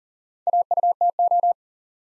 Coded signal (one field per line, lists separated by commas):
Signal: Morse code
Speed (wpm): 39 wpm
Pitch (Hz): 700 Hz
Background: none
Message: AUTO